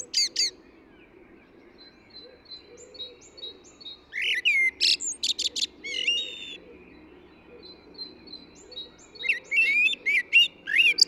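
Eurasian blackbird singing: rapid high twitters, a string of soft thin repeated notes, then fuller fluted phrases with squeaky endings, repeated toward the close.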